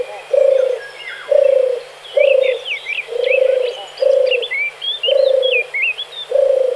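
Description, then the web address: Dove giving rhythmic, throaty purrs roughly once a second, while other birds twitter with high, quick whistled notes in the background. "sons oiseaux tourterelle"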